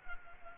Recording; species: mosquito wingbeat signal from an infrared sensor; Culex pipiens